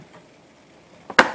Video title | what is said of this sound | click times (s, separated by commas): How to Replace PS4 Hard Drive | slide it in and you hear it click | 1.1 s, 1.2 s